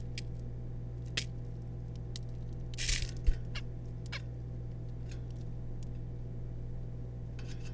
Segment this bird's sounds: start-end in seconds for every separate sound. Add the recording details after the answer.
3.55-3.60, 4.12-4.21. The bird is a juvenile. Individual R3549